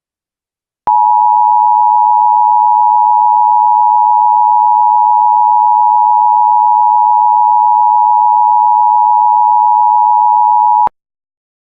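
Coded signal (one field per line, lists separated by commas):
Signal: Emergency Alert System (SAME) tones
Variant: 853 and 960 Hz attention tone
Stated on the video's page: Fictional EAS scenario; tones may not be valid EAS tones.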